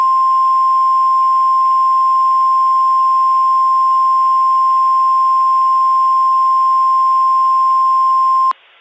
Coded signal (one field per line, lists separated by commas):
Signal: Emergency Alert System (SAME) tones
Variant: 1050 Hz attention tone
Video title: EAS Scenario: Things Are Really Heating Up in Arizona Remastered. Preview.